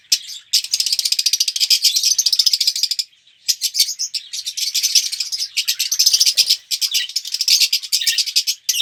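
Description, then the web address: Red-rumped parrot song as fast rattling chatter, pulsed scratchy notes in long bursts broken by several brief silences. "pevcii popugai. parrots psephotus-haematonotus"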